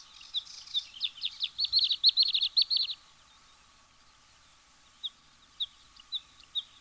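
Bluethroat song: a fast series of sharp repeated chips for about three seconds, followed by silence and a few spaced single notes.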